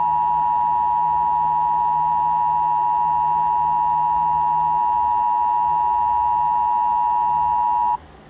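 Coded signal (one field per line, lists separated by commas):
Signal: Emergency Alert System (SAME) tones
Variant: 853 and 960 Hz attention tone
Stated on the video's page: Simulated mock EAS alert made with the EAS Simulator Pro Android app.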